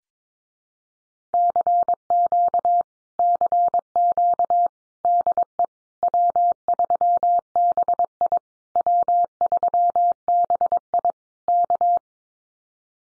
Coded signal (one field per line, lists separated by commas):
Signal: Morse code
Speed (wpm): 22 wpm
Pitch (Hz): 700 Hz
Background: none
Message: CQ CQ DE W3BI W3BI K